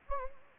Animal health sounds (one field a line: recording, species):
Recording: mosquito wingbeat signal from an infrared sensor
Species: Anopheles gambiae